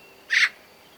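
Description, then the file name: Eurasian magpie calling once: a brief grating chak, coarse and buzzy, with near silence around it. "Pica pica"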